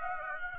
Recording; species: mosquito wingbeat signal from an infrared sensor; Aedes aegypti